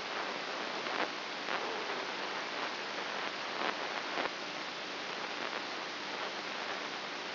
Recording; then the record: brain microelectrode recording played as sound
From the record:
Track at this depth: inside the subthalamic nucleus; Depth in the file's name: 5.44 mm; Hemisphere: right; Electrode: 2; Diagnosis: Parkinson's disease